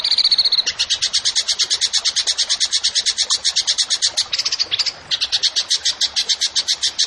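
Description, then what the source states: Bird song: a brief high whistle, then a long rapid run of sharp repeated chips with a short scratchy interruption. Songbird singing actively (gacor) in 'tembakan' style, for training songbirds (masteran).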